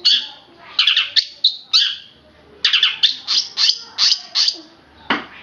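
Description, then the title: Oriental magpie-robin song of bright, ringing high notes in short groups, some slurred and warbled, with brief gaps between phrases. Chirping song. "Kicau Kacer"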